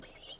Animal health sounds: pig call; piglet (1 to 25 days)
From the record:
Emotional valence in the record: negative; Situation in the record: long isolation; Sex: female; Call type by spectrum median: high-frequency call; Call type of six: high-frequency stable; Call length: 0.41 s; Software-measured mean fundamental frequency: 318 Hz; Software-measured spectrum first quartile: 2003 Hz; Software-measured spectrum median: 3721 Hz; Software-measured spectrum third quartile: 6257 Hz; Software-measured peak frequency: 3223 Hz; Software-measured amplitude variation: 117 dB a second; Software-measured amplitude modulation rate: 24.7 a second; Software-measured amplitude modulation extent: 4.7 dB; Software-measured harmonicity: 3.1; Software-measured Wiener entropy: -1.76

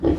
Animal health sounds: pig call; growing-finishing pig (85 days or more)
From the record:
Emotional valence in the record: negative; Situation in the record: barren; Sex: female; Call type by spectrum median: low-frequency call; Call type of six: low-frequency stable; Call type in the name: low-frequency stable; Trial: 2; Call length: 0.19 s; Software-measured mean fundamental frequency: 43 Hz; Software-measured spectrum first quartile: 184 Hz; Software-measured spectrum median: 310 Hz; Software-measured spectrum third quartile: 404 Hz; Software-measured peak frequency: 323 Hz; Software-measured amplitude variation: 161 dB a second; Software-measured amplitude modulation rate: 18.4 a second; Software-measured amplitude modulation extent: 8.7 dB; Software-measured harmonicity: 3.6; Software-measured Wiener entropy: -0.89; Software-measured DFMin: 1171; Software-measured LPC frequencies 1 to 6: 361, 1832, 3204, 4125, 5097, 5892 Hz

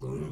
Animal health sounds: pig call; weaner (32 to 43 days)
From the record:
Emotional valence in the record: negative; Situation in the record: novel object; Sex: female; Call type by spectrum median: low-frequency call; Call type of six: low-frequency stable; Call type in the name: low-frequency stable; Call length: 0.32 s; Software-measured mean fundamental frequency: 70 Hz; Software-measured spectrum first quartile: 144 Hz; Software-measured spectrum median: 257 Hz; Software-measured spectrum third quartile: 443 Hz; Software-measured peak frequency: 139 Hz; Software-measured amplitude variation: 85 dB a second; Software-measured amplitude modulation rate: 31.6 a second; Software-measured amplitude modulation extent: 2.7 dB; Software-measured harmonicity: -1.7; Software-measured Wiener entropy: -0.12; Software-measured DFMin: 924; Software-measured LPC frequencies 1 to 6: 350, 1080, 2296, 2926, 4371, 5888 Hz

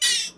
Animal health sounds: pig call; piglet (1 to 25 days)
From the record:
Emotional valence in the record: negative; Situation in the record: castration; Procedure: castration, cut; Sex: male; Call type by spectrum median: high-frequency call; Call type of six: high-frequency stable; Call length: 0.37 s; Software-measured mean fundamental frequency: 184 Hz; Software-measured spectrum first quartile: 3398 Hz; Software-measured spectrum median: 4953 Hz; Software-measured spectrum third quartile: 7354 Hz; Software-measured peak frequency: 3579 Hz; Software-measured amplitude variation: 99 dB a second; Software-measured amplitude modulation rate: 12.1 a second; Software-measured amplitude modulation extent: 8.2 dB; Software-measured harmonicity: 4.0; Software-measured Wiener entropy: -1.96

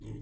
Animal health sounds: pig call; weaner (32 to 43 days)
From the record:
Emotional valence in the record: positive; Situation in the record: positive conditioning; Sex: female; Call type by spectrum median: low-frequency call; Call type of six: low-frequency stable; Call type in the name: low-frequency stable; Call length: 0.22 s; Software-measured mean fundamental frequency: 55 Hz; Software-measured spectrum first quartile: 98 Hz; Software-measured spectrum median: 194 Hz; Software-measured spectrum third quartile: 460 Hz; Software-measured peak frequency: 116 Hz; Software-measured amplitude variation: 94 dB a second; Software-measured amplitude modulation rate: 16.2 a second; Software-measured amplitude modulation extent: 5.8 dB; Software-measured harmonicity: 0.4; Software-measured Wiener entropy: -0.03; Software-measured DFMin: 1054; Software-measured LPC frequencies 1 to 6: 283, 2072, 2894, 3444, 4099, 5238 Hz

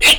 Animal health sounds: pig call; piglet (1 to 25 days)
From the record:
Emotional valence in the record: negative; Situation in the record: crushing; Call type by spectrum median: high-frequency call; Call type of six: high-frequency stable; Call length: 0.19 s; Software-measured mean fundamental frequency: 149 Hz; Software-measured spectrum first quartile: 2522 Hz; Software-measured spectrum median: 3187 Hz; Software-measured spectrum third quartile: 5202 Hz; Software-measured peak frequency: 2840 Hz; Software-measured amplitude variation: 119 dB a second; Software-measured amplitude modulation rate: 2.7 a second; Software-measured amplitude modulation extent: 44.6 dB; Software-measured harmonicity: 4.0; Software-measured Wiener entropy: -2.13

